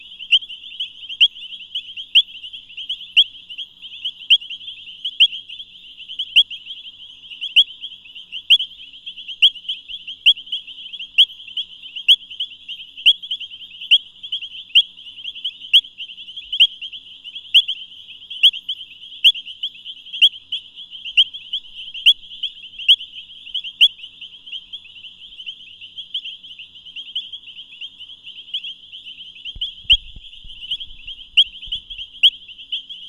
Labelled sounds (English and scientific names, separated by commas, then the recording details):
Painted Reed Frog (Hyperolius marmoratus) call
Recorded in the wild
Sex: group
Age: adult
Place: Camp Satara, Krüger Nationalpark, ZA
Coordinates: -24.4, 31.78
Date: 1996-01-12 22:17
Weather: 26°C, Luftfeuchtigkeit 60%
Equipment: Sony TCD-D3 (Longplay), Sennheiser ME 80, K 30 AV
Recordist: Gutsche, Alexander